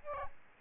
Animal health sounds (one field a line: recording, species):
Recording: mosquito wingbeat signal from an infrared sensor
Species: Aedes albopictus